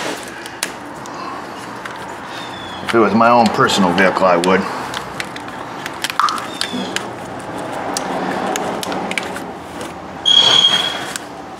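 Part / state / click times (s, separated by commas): wiring harness connector onto coolant temperature sensor / not seated / none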